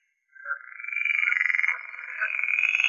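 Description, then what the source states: Pool frog calling: a rapid pulsed croaking call that starts short, then swells into sustained buzzing trills. Recorded in 2019.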